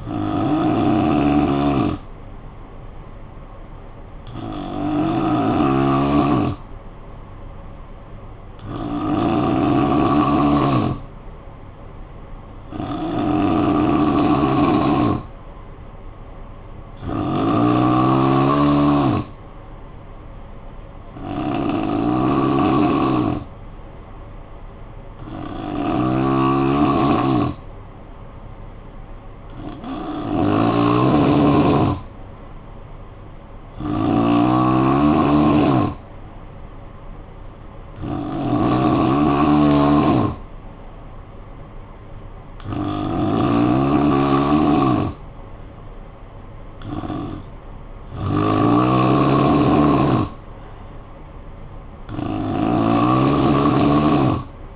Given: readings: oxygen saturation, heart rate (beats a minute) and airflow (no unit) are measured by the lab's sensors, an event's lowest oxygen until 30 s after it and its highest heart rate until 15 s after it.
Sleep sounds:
breathing in sleep by a smartphone at the bedside; 1
7.00-21.10 s: hypopnea (N3, oxygen 93% highest, then 89% lowest, heart rate 55 at the start, 59 highest)
From the record:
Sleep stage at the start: N3 (deep sleep); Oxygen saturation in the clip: 89 to 93%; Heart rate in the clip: 52 to 59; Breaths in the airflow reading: 13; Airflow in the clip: -10.0 to 4.9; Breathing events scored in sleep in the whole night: 445 in 7.6 hours asleep

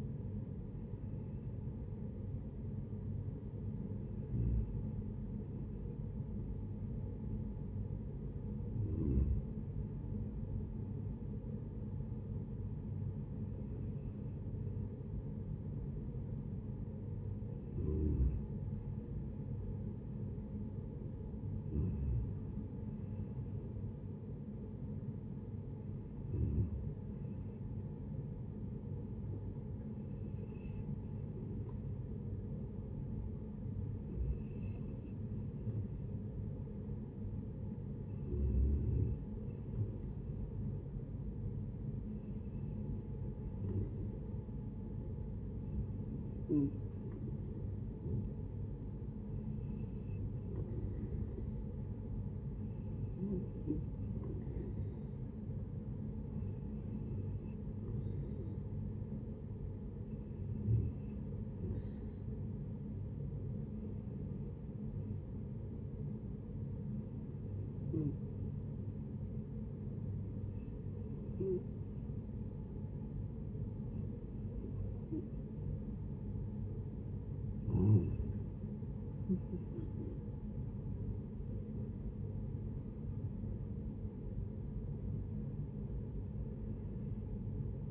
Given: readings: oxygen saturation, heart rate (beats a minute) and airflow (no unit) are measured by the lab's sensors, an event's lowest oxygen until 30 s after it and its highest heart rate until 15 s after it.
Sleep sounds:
breathing in sleep by a smartphone at the bedside; 2
8.00-47.40 s: hypopnea (N1, oxygen 97% highest, then 93% lowest, heart rate 77 at the start, 81 highest)
23.00-83.00 s: new sleep stage, N2 (light sleep)
65.00-77.70 s: hypopnea (N2, oxygen 94% highest, then 91% lowest, heart rate 79 at the start, 83 highest)
83.00-87.91 s: new sleep stage, awake
From the record:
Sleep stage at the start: N1 (lightest sleep); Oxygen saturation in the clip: 91 to 97%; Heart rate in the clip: 74 to 81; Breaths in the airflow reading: 23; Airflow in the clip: -10.2 to 11.0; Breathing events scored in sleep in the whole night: 496 in 5.4 hours asleep

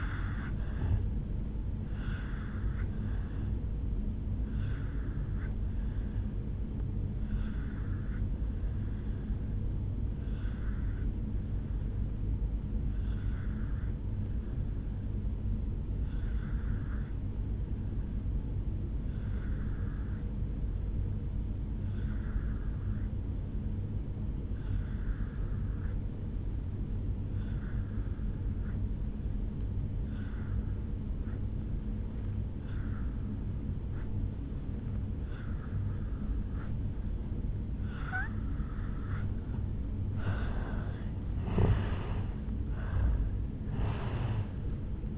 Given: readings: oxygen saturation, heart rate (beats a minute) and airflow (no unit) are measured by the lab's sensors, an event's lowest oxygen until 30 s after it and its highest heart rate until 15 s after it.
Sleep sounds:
breathing in sleep by a smartphone at the bedside; 1
8.00-38.70 s: obstructive apnea (N2, oxygen 97% highest, then 84% lowest, heart rate 59 at the start, 74 highest)
From the record:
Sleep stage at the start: N2 (light sleep); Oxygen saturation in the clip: 83 to 97%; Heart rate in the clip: 55 to 77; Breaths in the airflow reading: 5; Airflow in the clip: -11.7 to 6.3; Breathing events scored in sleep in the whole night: 449 in 7.0 hours asleep

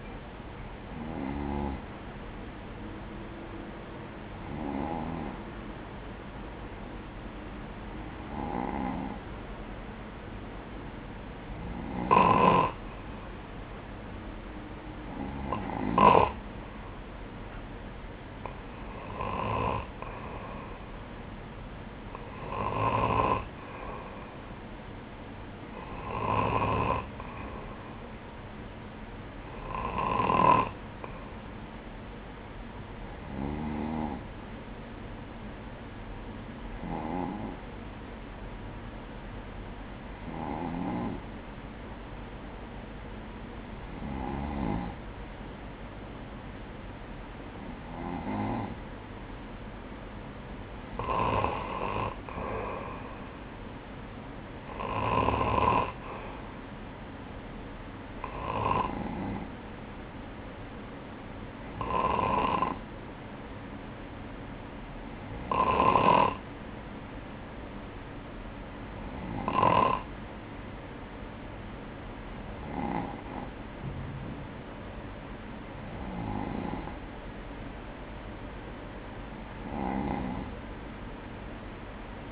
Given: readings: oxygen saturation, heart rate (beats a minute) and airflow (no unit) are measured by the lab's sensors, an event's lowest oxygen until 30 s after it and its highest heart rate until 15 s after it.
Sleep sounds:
breathing in sleep by a voice recorder at the bedside; none
none scored
From the record:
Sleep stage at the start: N2 (light sleep); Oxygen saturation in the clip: 94 to 96%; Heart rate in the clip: 59 to 64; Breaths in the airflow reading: 23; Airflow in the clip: -6.3 to 5.5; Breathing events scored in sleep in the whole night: 180 in 6.7 hours asleep

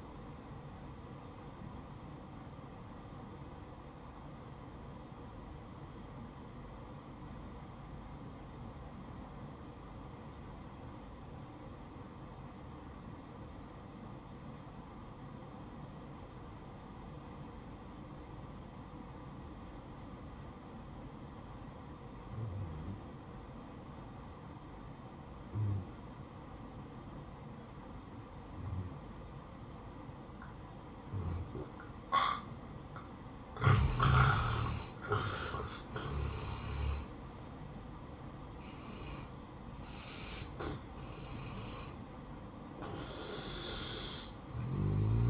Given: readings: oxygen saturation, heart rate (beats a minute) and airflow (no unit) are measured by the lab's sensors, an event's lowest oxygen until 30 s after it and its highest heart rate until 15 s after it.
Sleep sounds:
breathing in sleep by a smartphone at the bedside; 1
5.00-34.40 s: obstructive apnea (N1, oxygen 94% highest, then 83% lowest, heart rate 59 at the start, 76 highest)
From the record:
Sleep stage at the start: N1 (lightest sleep); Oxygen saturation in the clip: 83 to 94%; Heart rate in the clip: 59 to 76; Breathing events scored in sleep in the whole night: 573 in 9.8 hours asleep

